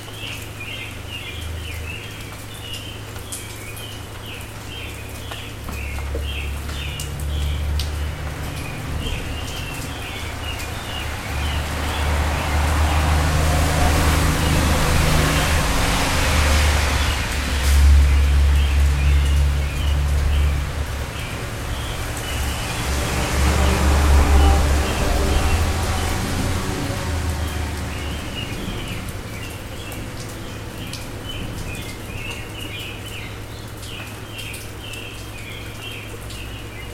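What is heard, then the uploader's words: Steady rain hisses under frequent bright bird chirps, with a low rumble that swells twice, around 15 and 25 seconds, then eases. Rain and Birdsong (Field Recording). Figured I'd record the rain this morning. The recording is just using the Zoom's internal mics pointed out my window, with the windscreen on.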